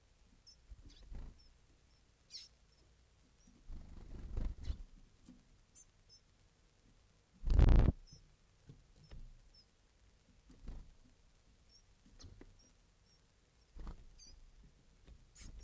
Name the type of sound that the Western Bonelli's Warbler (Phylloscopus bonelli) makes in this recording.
begging call